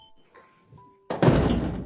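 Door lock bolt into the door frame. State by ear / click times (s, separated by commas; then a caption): not seated / none. A newly fitted lock on a front door is handled, with its bolt moving toward the door frame as the repaired lock is tested. Faint steady tones and small knocks at about 0.4 and 0.8 seconds give way to a loud, broad burst of noise at 1.1 seconds, growing stronger at 1.2 seconds before slowly fading. The bolt has not yet seated or latched by the end of the clip.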